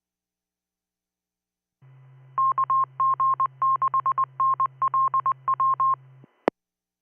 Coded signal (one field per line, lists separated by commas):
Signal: Morse code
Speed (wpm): 20 wpm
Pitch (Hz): 1060 Hz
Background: none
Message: KG6NLW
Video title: Let's Listen to 2m traffic! 26th Jan 2026